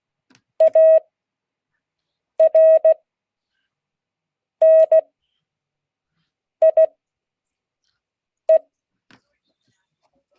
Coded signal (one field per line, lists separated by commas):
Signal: Morse code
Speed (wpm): 16 wpm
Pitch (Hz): 640 Hz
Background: none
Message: ARNIE